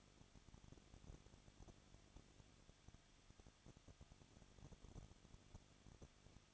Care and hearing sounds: daily activity, microphone in the room; no activity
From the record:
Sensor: 4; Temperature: 23.0 degrees Celsius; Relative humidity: 34.6%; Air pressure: 1007.3 hPa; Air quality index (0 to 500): 216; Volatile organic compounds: 15 ppm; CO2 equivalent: 2511 ppm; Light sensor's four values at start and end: 2/3/1/1 and 2/3/1/1

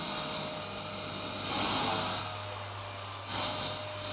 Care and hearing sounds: daily activity, microphone in the room; vacuum cleaning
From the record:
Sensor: 2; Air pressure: 990.9 hPa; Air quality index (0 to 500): 135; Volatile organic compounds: 177 ppm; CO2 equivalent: 4132 ppm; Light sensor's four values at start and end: 21/50/20/20 and 21/50/20/20

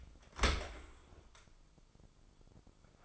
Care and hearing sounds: daily activity, microphone in the room; open dishwasher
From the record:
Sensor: 5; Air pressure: 996.0 hPa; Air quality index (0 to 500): 100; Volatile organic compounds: 6 ppm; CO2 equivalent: 1926 ppm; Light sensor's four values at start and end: 42/100/42/45 and 42/100/42/45

